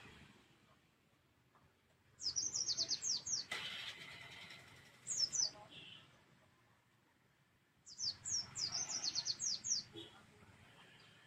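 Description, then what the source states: White-eye song: two fast bursts of high, thin, sharply slurred twittering notes about six seconds apart, with a brief short phrase between, over low traffic-like rumble and one loud noise burst. Pleci white-eye singing in the ngalas and ngeroll song styles.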